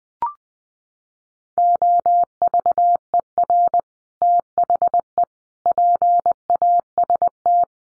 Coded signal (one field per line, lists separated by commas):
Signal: Morse code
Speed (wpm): 20 wpm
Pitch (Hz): 700 Hz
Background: none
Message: OVER THE PAST